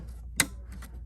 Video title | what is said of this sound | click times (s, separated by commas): Unboxing The Juki TL-18/TL-2010/TL-2000 (In depth) | like that, and then you're gonna push it till it clicks | 0.4 s